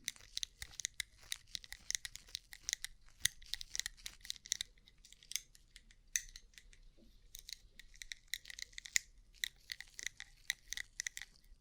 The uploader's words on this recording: ASMR Rhinestone Covered Tapping 3Dio (No Talking).